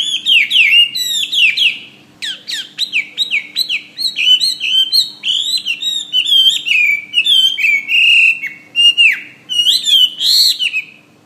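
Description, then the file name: Hwamei song, fast strings of loud slurred whistles falling and rising, repeated in bursts with brief pauses, some sharp clicky notes between; low faint hum in background. "omkicau hwamey"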